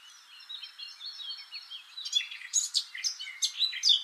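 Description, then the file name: Eurasian blackcap singing: quiet, chattering warble for two seconds, then louder, clear fluty and whistled notes tumbling in quick succession to the end. "Sylvia atricapilla"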